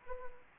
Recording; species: mosquito wingbeat signal from an infrared sensor; Anopheles arabiensis